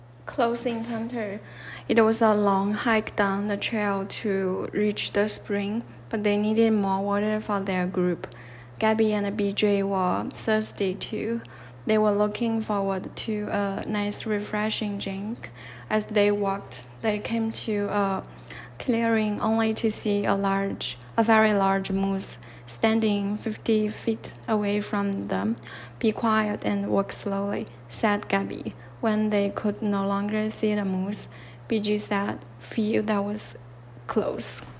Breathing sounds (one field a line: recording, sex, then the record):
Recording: reading aloud after running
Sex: female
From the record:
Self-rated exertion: light exertion (2 of 6)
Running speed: 5 miles an hour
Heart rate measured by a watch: 86 beats a minute at the start, 75 at the end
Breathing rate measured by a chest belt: 13 breaths a minute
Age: 30 years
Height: 160 cm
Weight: 51 kg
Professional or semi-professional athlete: no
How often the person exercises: 3 to 5 times a week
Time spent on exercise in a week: over 5 hours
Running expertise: no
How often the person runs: 3 to 5 times a week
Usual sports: running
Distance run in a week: 60 km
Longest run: 42 km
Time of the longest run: 267 minutes